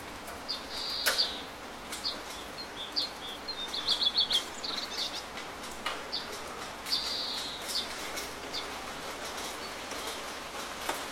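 Gentle drizzle makes a steady soft hiss, dotted with scattered sharp drip ticks throughout. Birds chirp on and off in short, bright phrases, busiest around the middle and again near seven seconds. No thunder is heard.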